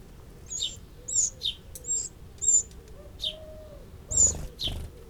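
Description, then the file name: Eurasian wren giving high, sharp ticking notes at uneven intervals, with a few low whistles behind and a brief louder rustle near the end. "Troglodytes troglodytes"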